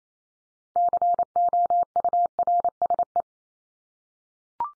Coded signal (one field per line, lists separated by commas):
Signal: Morse code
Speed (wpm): 28 wpm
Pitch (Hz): 700 Hz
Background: none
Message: COURSE